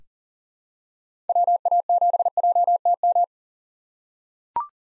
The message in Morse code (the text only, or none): WA7JTM